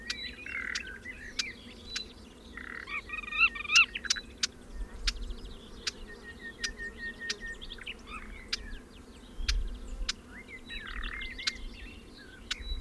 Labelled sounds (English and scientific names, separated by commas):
Western Orphean Warbler (Sylvia hortensis) call